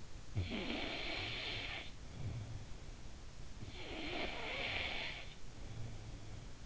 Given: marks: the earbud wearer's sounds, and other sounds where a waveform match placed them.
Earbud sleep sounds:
sounds in sleep by an in-ear microphone; snoring breath
0.17-3.03 s: snoring breath
3.31-6.11 s: snoring breath

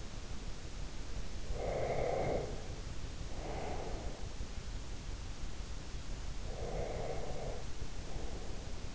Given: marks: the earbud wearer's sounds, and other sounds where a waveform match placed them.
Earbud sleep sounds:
sounds in sleep by an in-ear microphone; breath
1.50-4.21 s: breath
6.44-8.95 s: breath

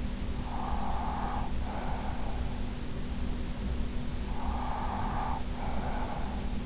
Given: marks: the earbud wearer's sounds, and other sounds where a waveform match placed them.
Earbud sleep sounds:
sounds in sleep by an in-ear microphone; breath
0.23-2.79 s: breath
4.21-6.66 s: breath

